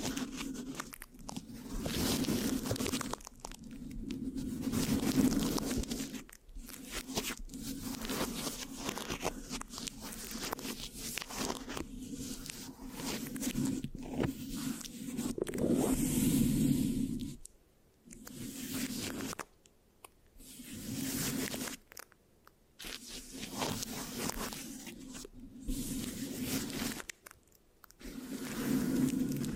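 Microphone scratching with sticky, tacky sounds, made of dense, crunchy rasps that run in long stretches. A low hum sits beneath the scratching, which swells around 15–17 seconds. Short silent gaps break it up near 17, 19 and 24 seconds.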